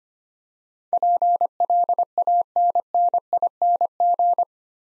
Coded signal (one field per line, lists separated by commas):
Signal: Morse code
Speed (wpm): 26 wpm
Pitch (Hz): 700 Hz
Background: none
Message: PLANNING